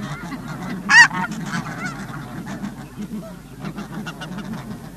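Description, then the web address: Snow goose giving one loud, harsh honk near the start, set against a busy background of softer goose chatter from a flock. "earth naturelibrary assets s sn snow goose"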